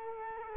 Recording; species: mosquito wingbeat signal from an infrared sensor; Culex quinquefasciatus